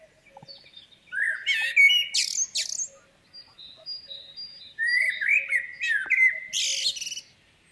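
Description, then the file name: Common blackbird singing two phrases, each a low mellow fluted warble ending in a high squeaky twitter, with faint thin high notes from other birds in the pause between. "Turdus merula"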